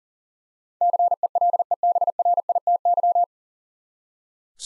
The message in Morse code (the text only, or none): CELEBRITY